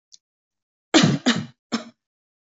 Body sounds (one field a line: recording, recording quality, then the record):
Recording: shallow voluntary cough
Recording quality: excellent, no background noise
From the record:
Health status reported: healthy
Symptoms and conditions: none ticked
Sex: female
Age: 22 years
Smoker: not ticked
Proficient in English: yes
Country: India